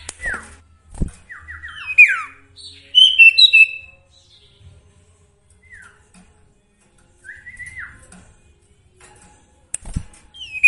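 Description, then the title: Sooty-headed bulbul song of slurred whistled notes, some falling and some rising, in short bursts separated by pauses, with faint clicks and low background hum. Song with full variations, used for training songbirds (masteran). "Masteran Sirtu Full Variasi"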